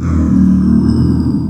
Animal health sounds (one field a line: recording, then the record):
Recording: squeal of a Yucatan mini pig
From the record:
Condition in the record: after surgery on the right vocal fold (resection and tissue-engineered implant)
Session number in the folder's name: 11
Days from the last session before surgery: 98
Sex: female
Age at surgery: 19 weeks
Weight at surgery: 25 kg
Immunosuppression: prednisolone